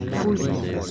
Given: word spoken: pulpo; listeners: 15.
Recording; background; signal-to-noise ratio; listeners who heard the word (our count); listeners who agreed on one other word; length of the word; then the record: one Spanish word in noise, from a listening test; eight-talker babble; -0.8 dB; 1 of 15; 8 of 15; 0.51 s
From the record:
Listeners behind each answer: 8, 2, 1, 1, 1, 1, 1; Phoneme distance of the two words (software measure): 10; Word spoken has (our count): 2 syllables, 5 phonemes, stress on syllable 1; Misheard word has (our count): 2 syllables, 5 phonemes, stress on syllable 1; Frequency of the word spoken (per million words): 3.03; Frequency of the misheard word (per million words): 14.34